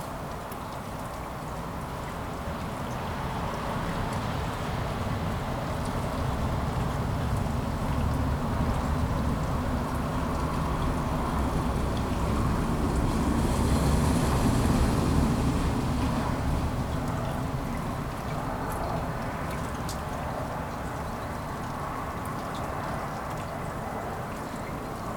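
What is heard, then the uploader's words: Light rain falls on city streets in Kuldiga, Latvia, a steady dense patter with a low rumble underneath. Around the middle, between about 10 and 18 seconds, a vehicle seems to swell and pass, adding a brighter hiss before fading back to the rain. Light morning rain in the city of Kuldiga, Latvia. Raindrops falling on the city streets.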